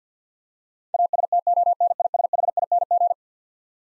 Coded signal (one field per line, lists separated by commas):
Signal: Morse code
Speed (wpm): 50 wpm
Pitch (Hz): 700 Hz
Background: none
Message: ASTONISHING